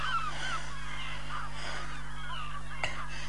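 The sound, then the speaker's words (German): Seagulls screech at night outside an open window in a loose series of short, rising, high-pitched cries over a steady low background hum, with one sharper cry near the end. “Ich kann dieses Möwengeschrei nicht aushalten.”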